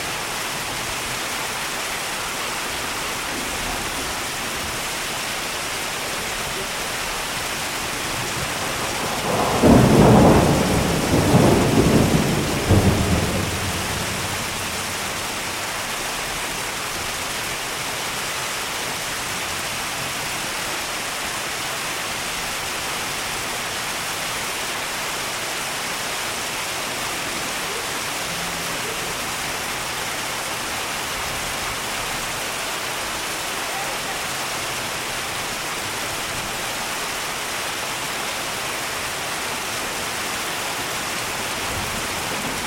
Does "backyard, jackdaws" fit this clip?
no